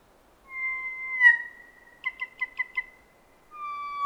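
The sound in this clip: Kōkako song: long, pure organ-like tones, a swelling held note, five evenly spaced pipped notes, then another steady low whistle, very clean background.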